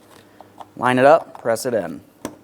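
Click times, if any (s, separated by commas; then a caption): none. Someone talks while a plastic electrical connector is lined up, locking tab toward the rear, and pressed onto its sensor plug under the hood near the mass air flow sensor area of a 2003-2007 Cadillac CTS. Faint handling sounds come through around the talk, with a short sharp sound at 2.2 s. The clip ends before the connector goes home, so nothing has seated or clicked yet.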